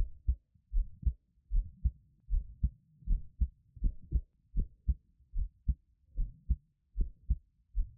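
Soft, low lub-dub beats come in clear pairs at a steady rate of about 76 beats a minute, with quiet gaps between them. It is an ordinary heartbeat heard up close, with no added sounds.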